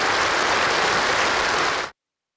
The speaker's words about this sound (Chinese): 习近平演讲过程中，全场多次响起热烈掌声。